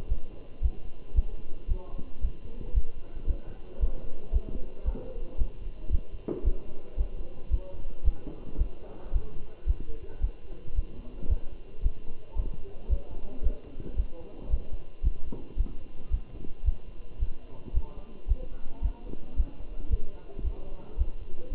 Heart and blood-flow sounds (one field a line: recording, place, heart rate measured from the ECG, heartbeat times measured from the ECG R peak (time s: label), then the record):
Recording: heart sounds by stethoscope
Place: between the tricuspid and mitral areas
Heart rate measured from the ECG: 112 bpm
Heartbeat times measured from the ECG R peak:
0.10 s: heartbeat
0.64 s: heartbeat
1.16 s: heartbeat
1.70 s: heartbeat
2.23 s: heartbeat
2.76 s: heartbeat
3.29 s: heartbeat
3.82 s: heartbeat
4.34 s: heartbeat
4.87 s: heartbeat
5.40 s: heartbeat
5.92 s: heartbeat
6.46 s: heartbeat
6.99 s: heartbeat
7.52 s: heartbeat
8.06 s: heartbeat
8.60 s: heartbeat
9.14 s: heartbeat
9.68 s: heartbeat
10.23 s: heartbeat
10.77 s: heartbeat
11.30 s: heartbeat
11.84 s: heartbeat
12.38 s: heartbeat
12.91 s: heartbeat
13.45 s: heartbeat
13.98 s: heartbeat
14.52 s: heartbeat
15.05 s: heartbeat
15.59 s: heartbeat
16.12 s: heartbeat
16.66 s: heartbeat
17.21 s: heartbeat
17.75 s: heartbeat
18.29 s: heartbeat
18.84 s: heartbeat
19.38 s: heartbeat
19.92 s: heartbeat
20.46 s: heartbeat
20.99 s: heartbeat
21.53 s: heartbeat
From the record:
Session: Bruce protocol treadmill stress test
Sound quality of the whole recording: good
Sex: male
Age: 27 years